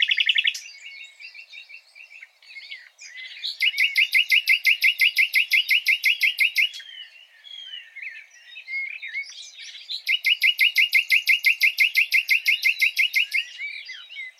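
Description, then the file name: Common nightingale song in two loud bursts of very fast, evenly repeated notes, each lasting about three seconds, separated by quieter scattered chirps. "Luscinia megarhynchos"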